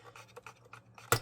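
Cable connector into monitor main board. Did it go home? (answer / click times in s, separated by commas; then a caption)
yes / 1.1 s. A tight cable connector is pushed carefully back into the main board of a Samsung LC24FG73FQIXCI monitor. Several soft scraping and tapping sounds come first, then a sharp, loud snap at 1.1 s as the connector seats.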